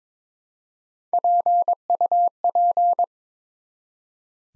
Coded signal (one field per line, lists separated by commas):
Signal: Morse code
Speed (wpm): 22 wpm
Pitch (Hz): 700 Hz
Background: none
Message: PUP